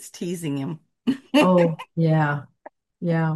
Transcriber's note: laughs